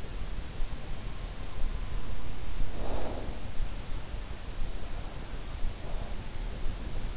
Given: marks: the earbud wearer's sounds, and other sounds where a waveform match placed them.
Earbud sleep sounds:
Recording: sounds in sleep by an in-ear microphone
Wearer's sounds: snoring breath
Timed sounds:
2.57-3.40 s: snoring breath
5.77-6.32 s: snoring breath

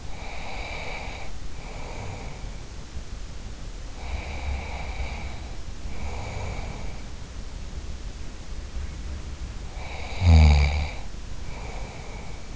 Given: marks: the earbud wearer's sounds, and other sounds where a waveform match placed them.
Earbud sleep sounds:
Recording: sounds in sleep by an in-ear microphone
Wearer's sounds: breath, snoring breath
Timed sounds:
0.00-2.61 s: breath
3.94-7.09 s: breath
9.66-12.56 s: snoring breath

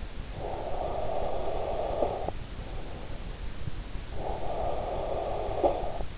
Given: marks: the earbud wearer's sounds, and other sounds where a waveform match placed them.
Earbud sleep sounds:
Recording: sounds in sleep by an in-ear microphone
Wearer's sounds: snoring breath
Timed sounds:
0.10-2.74 s: snoring breath
3.97-6.03 s: snoring breath

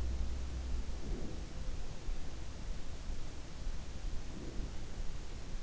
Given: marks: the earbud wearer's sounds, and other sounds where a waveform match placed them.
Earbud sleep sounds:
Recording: sounds in sleep by an in-ear microphone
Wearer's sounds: breath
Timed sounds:
1.03-1.81 s: breath
4.25-4.81 s: breath

